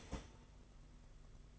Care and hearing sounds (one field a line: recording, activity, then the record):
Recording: daily activity, microphone in the room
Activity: start toaster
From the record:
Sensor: 4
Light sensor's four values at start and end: 18/62/23/24 and 18/62/23/24